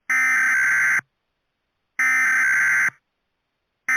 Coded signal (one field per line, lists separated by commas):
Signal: Emergency Alert System (SAME) tones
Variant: header bursts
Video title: (Why u Watch?) Mini EAS Scenario: The Minion Takeover.￼